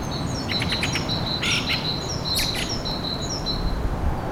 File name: Drozd-ryabinnik - 25 aprelya 4 30 utra